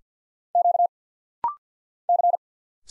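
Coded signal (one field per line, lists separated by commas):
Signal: Morse code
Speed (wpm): 50 wpm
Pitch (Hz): 700 Hz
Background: none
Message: Q C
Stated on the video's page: Rapid-fire Morse drill at 50 wpm of single letters, numbers, punctuation and prosigns; each sent in Morse, spoken, then sent again.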